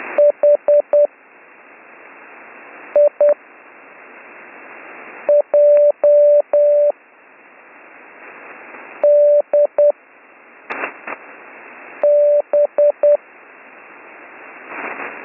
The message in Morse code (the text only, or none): HIJDB